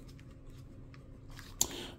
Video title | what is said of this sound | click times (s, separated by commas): on a retrouvé des truc pour la tombola des 3k! @FlashRCModelisme & @StudiosportFr | Euh vous voyez ça se clipse. | 1.6 s